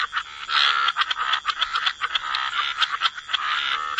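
Frog chorus, a dense mass of overlapping croaks and trills, with brief louder pulses standing out against a constant buzzing wash of calls.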